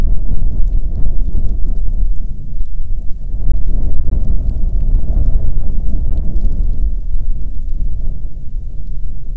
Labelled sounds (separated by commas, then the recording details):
wind, rain
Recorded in the Prudhoe Bay oil fields, Alaska, on 5 June 2019 at 00:01
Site 13